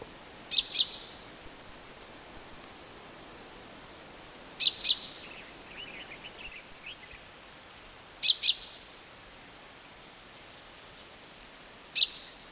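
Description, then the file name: Common chaffinch calls, sharp paired high notes repeated about every four seconds, with a faint soft twittering between them over a steady hiss. "Fringilla coelebs"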